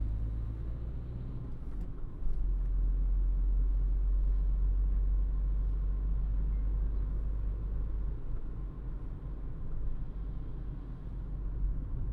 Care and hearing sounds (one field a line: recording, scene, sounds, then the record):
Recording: everyday scene through a hearing-aid microphone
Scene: in a vehicle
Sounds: engine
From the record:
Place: Berlingo II, diesel engine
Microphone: behind the ear, right, rear